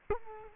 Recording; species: mosquito wingbeat signal from an infrared sensor; Culex quinquefasciatus